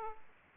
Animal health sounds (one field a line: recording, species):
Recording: mosquito wingbeat signal from an infrared sensor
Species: Aedes aegypti